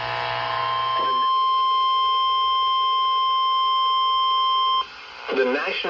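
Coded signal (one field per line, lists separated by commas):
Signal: Emergency Alert System (SAME) tones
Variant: 1050 Hz attention tone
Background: speech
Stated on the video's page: Severe thunderstorm and tornado warnings, including double headers, from the NOAA Weather Radio transmitter at Pecos, Texas, during a severe weather outbreak.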